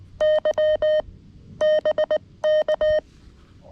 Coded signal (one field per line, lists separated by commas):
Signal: Morse code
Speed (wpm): 19 wpm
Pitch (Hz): 620 Hz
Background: none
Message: Y BK